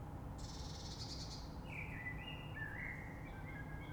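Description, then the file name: Common blackbird song: a high scratchy twitter followed by a run of fluty warbled notes over low droning background. Recorded 3 March 2020. "Rush Merle"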